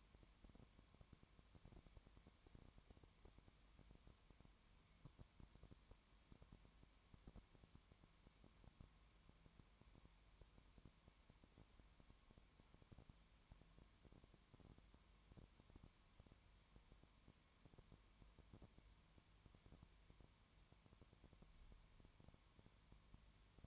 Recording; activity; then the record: daily activity, microphone in the room; no activity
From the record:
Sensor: 3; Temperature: 20.1 degrees Celsius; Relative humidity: 31.2%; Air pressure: 1001.3 hPa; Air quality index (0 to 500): 74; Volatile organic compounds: 1 ppm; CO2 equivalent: 697 ppm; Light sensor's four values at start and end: 2/3/2/2 and 2/3/2/2